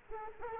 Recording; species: mosquito wingbeat signal from an infrared sensor; Culex quinquefasciatus